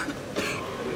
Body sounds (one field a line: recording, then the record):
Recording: coughing mixed with background sound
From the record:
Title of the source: 64 coughing, allergies, singing lungs